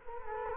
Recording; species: mosquito wingbeat signal from an infrared sensor; Culex quinquefasciatus